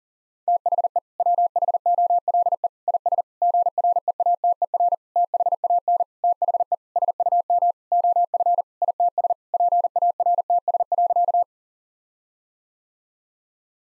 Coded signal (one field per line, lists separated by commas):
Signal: Morse code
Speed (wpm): 40 wpm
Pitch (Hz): 700 Hz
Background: none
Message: THE WHOLE IS GREATER THAN THE SUM OF ITS PARTS.